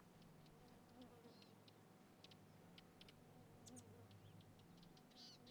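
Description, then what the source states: Fly buzzing as a steady low drone under the whole stretch, with short bird chirps and twitters above it. Country atmosphere with birds and flies.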